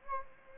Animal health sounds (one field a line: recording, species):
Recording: mosquito wingbeat signal from an infrared sensor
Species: Anopheles gambiae